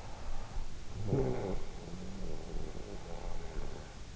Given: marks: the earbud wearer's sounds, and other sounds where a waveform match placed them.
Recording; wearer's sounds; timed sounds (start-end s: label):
sounds in sleep by an in-ear microphone; snoring breath
0.77-3.94 s: snoring breath